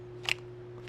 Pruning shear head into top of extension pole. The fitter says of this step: it will click and then there's a little latch there too that you can simply tighten right there